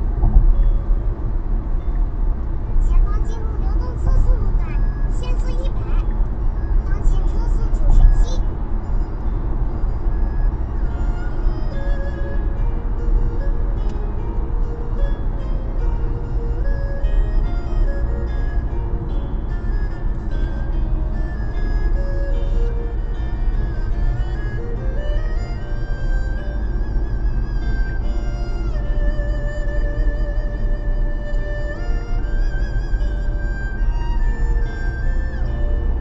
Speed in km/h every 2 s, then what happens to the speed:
93, 94, 93, 93, 91, 91, 89, 88, 88, 88, 88, 80, 79, 77, 72, 71, 73, 76.
0-20 steady at about 91. 20-29 slows to 71.